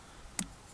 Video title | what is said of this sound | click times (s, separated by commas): 2004 TOYOTA AVALON HEADLIGHT BULB REPLACEMENT- LED UPGRADE by Xiphoer | press that in until it clicks and | 0.4 s